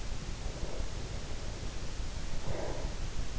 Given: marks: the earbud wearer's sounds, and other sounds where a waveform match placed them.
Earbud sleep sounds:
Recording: sounds in sleep by an in-ear microphone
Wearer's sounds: breath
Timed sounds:
0.17-3.39 s: breath

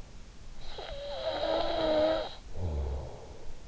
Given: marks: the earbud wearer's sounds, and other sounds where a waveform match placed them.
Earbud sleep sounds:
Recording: sounds in sleep by an in-ear microphone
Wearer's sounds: snoring breath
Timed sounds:
0.32-3.61 s: snoring breath

